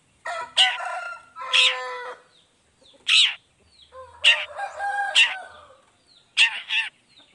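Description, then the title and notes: Long-tailed shrike song: grating, nasal notes rich in harmonics, some drawn out and wavering, given in irregular bursts with short gaps. Morning song, described as lively and varied with 'toet toet' phrasing, played to provoke other long-tailed shrikes into responding. "Langsung NYAUTTTTT ! Cendet Gacor Dor Di Kala Pagi Toet Toet Variasi Suara J. Cendet Gacor Langsung Nyaut Emosi Hanya dengan Sekali Putar Bikin Cendet Lainya Cepat Respon Bunyi. Burung cendet"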